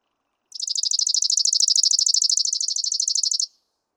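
Chipping Sparrow singing one fast, even trill of dry high-pitched chips, roughly three seconds long, against a quiet background.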